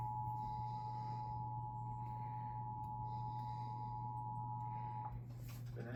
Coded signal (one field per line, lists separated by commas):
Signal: Emergency Alert System (SAME) tones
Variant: 853 and 960 Hz attention tone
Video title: Eas svr on kyaz 51.1 , KUHF 88.7fm and Kube tv 57.1 Eas#1343-1345